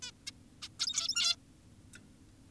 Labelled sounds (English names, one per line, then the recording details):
Zebra Finch
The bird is an adult
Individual g17y2U